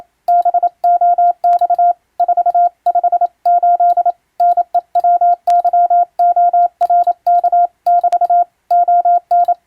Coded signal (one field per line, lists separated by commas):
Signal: Morse code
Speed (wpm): 27 wpm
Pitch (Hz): 700 Hz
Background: none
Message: BOX 458 NEWYORK<BT> ON